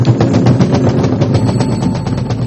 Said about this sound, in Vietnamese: Thưa quý vị, chúng ta sẽ cùng dành một tràng pháo tay thật lớn để cung tiễn Hòa Thượng Thích Trí Tâm.